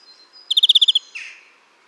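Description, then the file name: European greenfinch giving a single quick trill of about eight sharp high notes, followed by a short softer buzzy note. "Chloris chloris"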